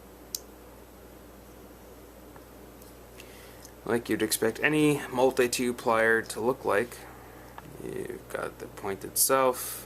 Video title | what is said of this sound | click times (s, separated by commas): Gerber FliK Review Demo | as you push it open here two clicks on either side | 0.4 s